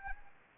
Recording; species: mosquito wingbeat signal from an infrared sensor; Anopheles arabiensis